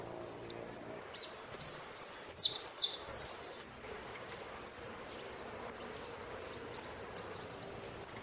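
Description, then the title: Saffron finch song: a burst of loud, buzzy, high descending notes, then sharp high chips at intervals. "Jilguero Argentino"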